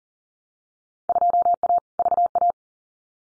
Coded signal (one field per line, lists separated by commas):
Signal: Morse code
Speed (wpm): 40 wpm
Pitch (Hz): 700 Hz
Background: none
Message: 2A VA